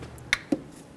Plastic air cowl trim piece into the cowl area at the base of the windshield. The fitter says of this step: install the air cowl piece be sure it snaps into place